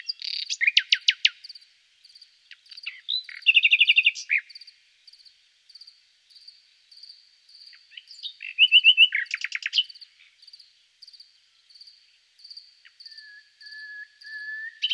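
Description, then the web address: Thrush nightingale singing loud phrases of fast rattling notes, separated by pauses filled with soft short repeated notes. "Jean C. Roché & Pierre Palengat: Rossignol philomène"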